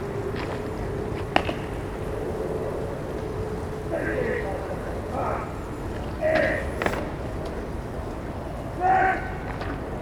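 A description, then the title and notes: Military drill practice on an open parade ground: short shouted calls ring out around four, six and nine seconds over a steady low outdoor rumble. A faint hum runs through the first few seconds, and sharp clicks occasionally cut through. Members of the military do early morning drill practice. The large parade ground at the front of the barracks is damp.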